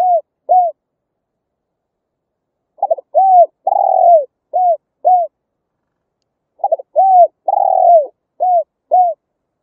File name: tieng cu gay